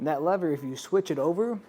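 A man talks while, under the open tailgate of a 2024 GMC Sierra 1500, the plastic and metal release lever of a Pace Edwards UltraGroove retractable hard tonneau cover is being switched over in its latch housing. Nothing has seated or clicked into place yet.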